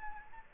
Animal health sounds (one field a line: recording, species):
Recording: mosquito wingbeat signal from an infrared sensor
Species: Anopheles gambiae